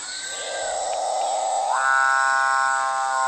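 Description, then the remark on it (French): A capuchinbird in the forest gives one long, drawn-out moaning call, a buzzy, growling tone that holds steady and then jumps higher in pitch for its final second, loud and alone with no talking. “Bon alors là, on dirait un peu un croisement entre un chacal et une tronçonneuse.”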